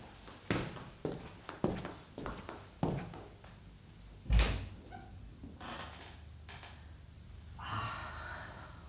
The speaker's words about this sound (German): Sie öffnet die Tür zur Terrasse.